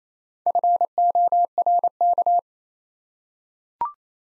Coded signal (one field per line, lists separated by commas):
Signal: Morse code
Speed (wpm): 27 wpm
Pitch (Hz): 700 Hz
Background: none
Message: FORK